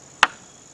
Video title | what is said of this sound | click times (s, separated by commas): Subaru Forester Brake light replacement | you hear the click you're | 0.2 s